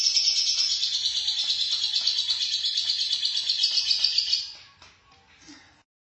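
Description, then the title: Lovebird chatter: high, rasping, rapidly pulsed twittering running steadily for several seconds before fading out, followed by a brief faint squeak. "BM Suara Burung Lovebird"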